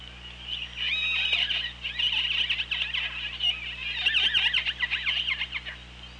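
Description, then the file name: Orca sounds underwater, dense rapid clicking and buzzing pulses mixed with tonal calls, loud and continuous for several seconds. Recorded by OrcaLab hydrophone, underwater, on 24 August 2017 at 17:37:14. "Orca Lab UTLN JASON 20170824 173714"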